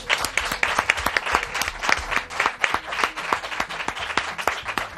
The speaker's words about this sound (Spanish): Pues por lo menos, darles este aplauso aquí en directo para ellos.